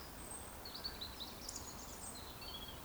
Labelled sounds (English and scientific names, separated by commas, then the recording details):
Eurasian Woodcock (Scolopax rusticola) whistle
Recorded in Baden-Württemberg, Germany, on 15 June 2020 at 20:12 UTC
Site 14569, 102 m above sea level